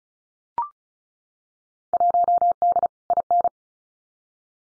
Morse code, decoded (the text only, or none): 1D IN